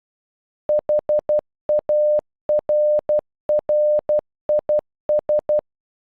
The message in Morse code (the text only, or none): HARRIS